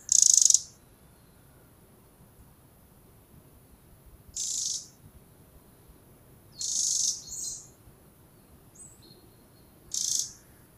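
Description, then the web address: Eurasian wren calls, four brief harsh high-pitched bursts spaced a few seconds apart, separated by near silence with a soft low hiss. "SETE Troglodytes troglodytes"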